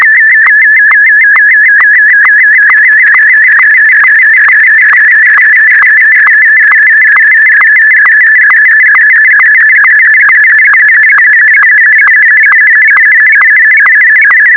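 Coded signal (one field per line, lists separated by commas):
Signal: SSTV (slow-scan television)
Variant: Martin M1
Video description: A secret end of year message for my fellow nerds. #sstv #martin-m1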